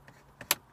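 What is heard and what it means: A screwdriver backs out a captive screw held in a panel until it releases. A faint tick comes at 0.1 s, then clicks at 0.4 s and a louder one at 0.5 s as the screw comes fully loose. The screw is released but stays held in the panel by its back.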